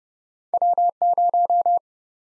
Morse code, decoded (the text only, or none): W 0